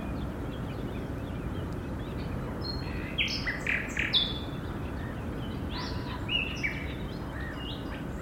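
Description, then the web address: Nightingale song: a few loud bursts of clipped whistles and chirps over a constant rumbling background noise. Two nightingales singing against city noise on 22 April 2013 at 17:21, for the recordist's own Earth Day. "odglosy-zwierzat-i-dzwieki-zwierzat 17 h 21 m 54 s 22 apr 2013-koncert-na-dwa-słowiki-i-cywilizację"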